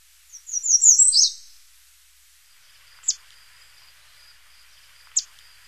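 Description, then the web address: American redstart singing one quick high phrase of sibilant notes with an accented ending, then two sharp single notes about two seconds apart over a faint steady high tone. "Songs of Birds of North America Stokes. American Redstart"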